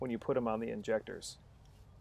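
Someone talks while a new Holley plastic wiring harness injector connector is handled near a fuel injector, ready to be pushed on. Nothing has seated or clicked yet; the clip ends before the connector goes home.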